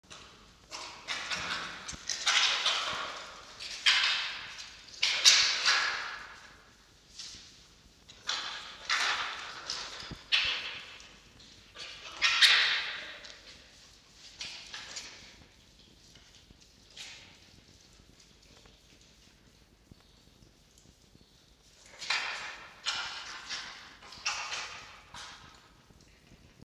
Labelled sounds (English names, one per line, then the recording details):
Red Fox
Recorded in captivity
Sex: group
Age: juvenile
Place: Zoologisches Institut der HUB, Berlin, DE
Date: 1953-06-22 18:15
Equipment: Elmetra
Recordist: Tembrock, Günter
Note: Molly, Fanny, Quick (Futterverteidigung): Stoßlaute